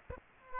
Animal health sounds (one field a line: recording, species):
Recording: mosquito wingbeat signal from an infrared sensor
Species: Aedes aegypti